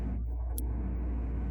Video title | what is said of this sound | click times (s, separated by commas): VSF WG YM 42mm Tungsten Heavy Version Review - VS3235 vs Shanghai Movement | Pull out one click. | 0.6 s